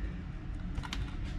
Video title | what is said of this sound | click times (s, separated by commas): The ITX 3D Printed Case on My Ender 3 and Cr10. Part 5 | i think i just heard a click | 0.9 s